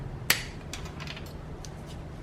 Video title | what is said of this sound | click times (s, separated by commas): Replacing the Spark Plugs on my BMW F80 M3!! (NGK 97506) | another click gonna insert the coil the same way you took it out | 0.3 s